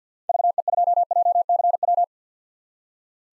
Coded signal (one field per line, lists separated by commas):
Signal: Morse code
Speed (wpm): 50 wpm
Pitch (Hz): 700 Hz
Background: none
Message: VE2JCW